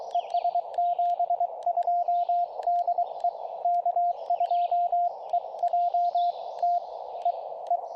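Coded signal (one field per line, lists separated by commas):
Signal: Morse code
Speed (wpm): 22 wpm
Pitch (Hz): 690 Hz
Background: radio noise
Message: ES 72 DE K2EJT EE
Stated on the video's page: CW POTA activation on 40m using a borrowed TR-35 radio keyed with Palm Pico iambic paddles; bands better than previous attempt.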